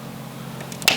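A Nordlux Link System light adapter is twisted back and taken out of its track rail, releasing with a sharp click at 0.9 s after two fainter ticks. A low steady hum runs underneath, and the adapter comes free of the rail.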